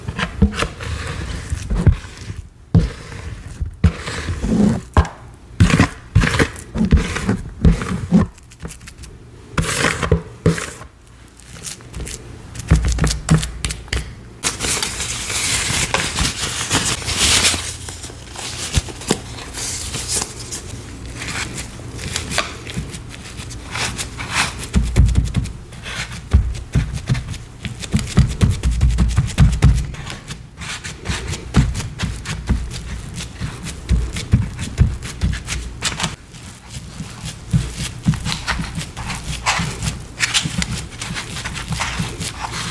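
Gym chalk and cornstarch are crushed, squeezed and mixed in a steady run of dry crunching and soft squeaks, with dense bursts of gritty crumbling. Sharp crisp crunches come often in the first fifteen seconds, then the sounds settle into softer, muffled pressing and sifting.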